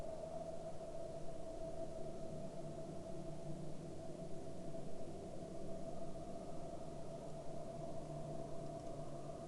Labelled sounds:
man-made sound

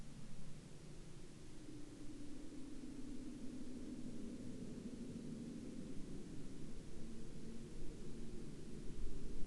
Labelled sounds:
aircraft

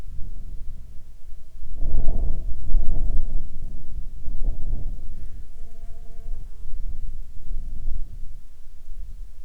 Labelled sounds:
wind, insects

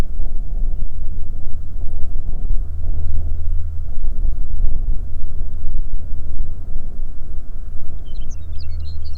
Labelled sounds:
songbird, wind

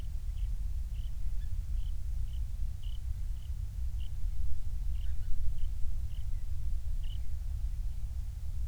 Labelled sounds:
songbird

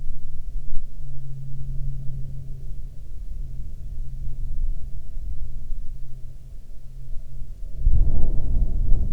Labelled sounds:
wind, aircraft

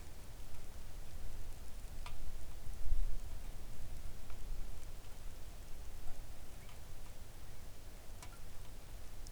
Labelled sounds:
rain

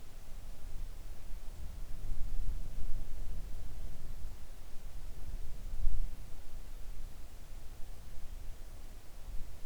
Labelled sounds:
near silence

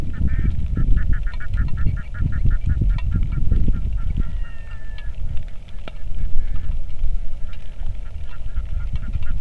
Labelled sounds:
waterfowl, wind, rain

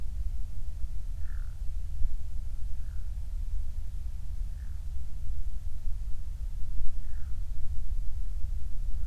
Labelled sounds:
bird

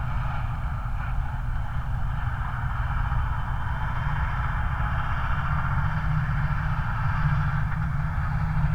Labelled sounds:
truck

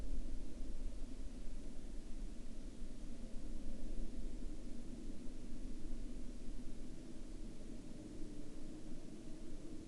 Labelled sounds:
aircraft, insects

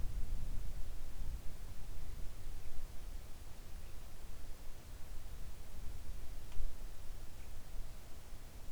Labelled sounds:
songbird

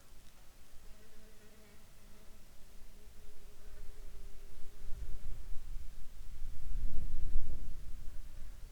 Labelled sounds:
rain, insects

